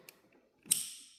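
An engine harness electrical connector on a 2002 Toyota RAV4 is pushed onto its ignition coil plug after a valve cover gasket job. A faint tick comes at 0.1 s, then a sharp, bright click at 0.7 s that rings briefly before fading. The connector is seated.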